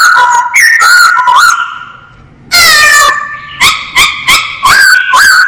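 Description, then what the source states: Masked laughingthrush song: rich whistled notes, a brief pause, then a harsh buzzy burst followed by repeated clipped whistles. Known locally as poksay hongkong; described as gacor, singing actively and persistently.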